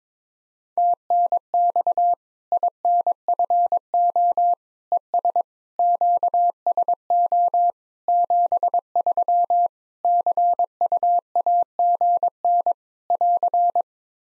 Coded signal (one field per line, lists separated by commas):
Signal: Morse code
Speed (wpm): 22 wpm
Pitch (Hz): 700 Hz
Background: none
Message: TNX INFO ES QSO 73 CUAGN <AR>